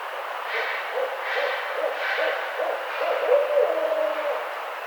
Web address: Barred Owl 2009 04 18 Barred Owl 01